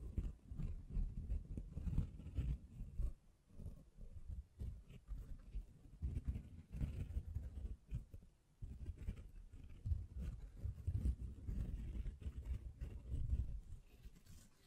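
Hand sounds brush, scratch and tap against the microphone in a dense, uneven run of rubbing and short knocks. The texture is mostly low and muffled, with bursts of activity and brief quieter gaps near 3, 7 and 8 seconds.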